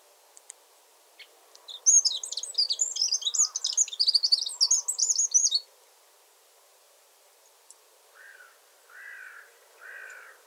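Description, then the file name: Eurasian wren song, one energetic burst of high, rapid trilling notes lasting about four seconds, followed later by a few soft, lower sounds. "Troglodytes troglodytes"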